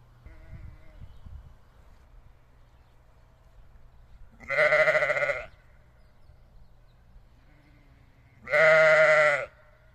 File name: Sheep Sound